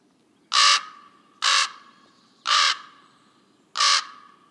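Common raven giving four loud, hoarse croaks spaced about a second apart, each short and harsh with a rough, resonant tone, in quiet surroundings.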